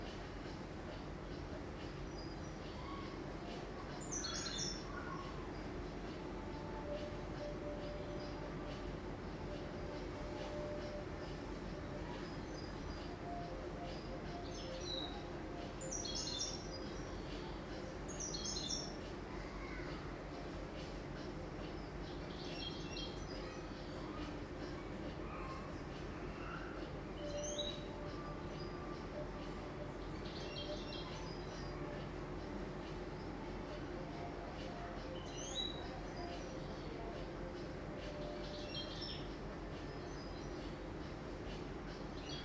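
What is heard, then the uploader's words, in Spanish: Birds chirp in short bright bursts every few seconds over a constant low hum, like appliances running. Beneath it sits a dense, steady rumble with faint murmuring voices, and the whole level stays even across the clip. Sounds from inside the buildings.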